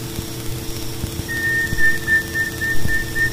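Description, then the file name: Scaly-breasted wren giving a quick string of evenly spaced pure whistles at a fixed pitch, starting partway through, with a steady low hum and faint thumps in the background. "canto do uirapuru veado"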